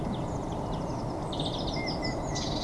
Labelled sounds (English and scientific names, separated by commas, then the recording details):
Eurasian Blue Tit (Cyanistes caeruleus)
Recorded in Germany
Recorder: ecoPi